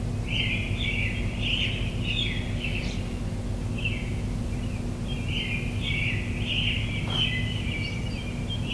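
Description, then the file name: Bird twittering in two long busy runs of chirps separated by a short pause, low humming noise throughout. Recorded in the morning. "admiralbob 77-bird sounds in the morning"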